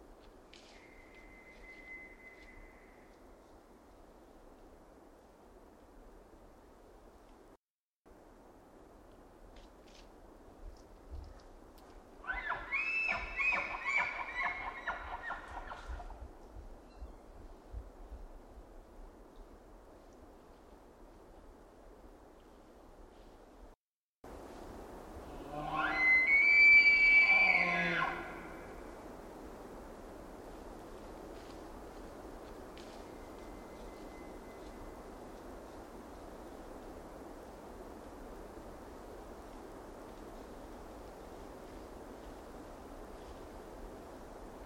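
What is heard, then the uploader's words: A Roosevelt elk bugles twice, first a rougher call around twelve to seventeen seconds, then a louder one near twenty-six seconds with a high whistling note over a low chesty roar. A faint thin whistle opens the recording, and a quiet outdoor hush continues throughout. Roosevelt Elk Bugle with low chesty roar. Selected from a brief trip in late September 2023. Recorded in the Queets and Quinalt Rainforest River Valleys, there's often an unavoidable distant wash of river in the background. I record elk by leaving recorders out in the field where herds are known to migrate.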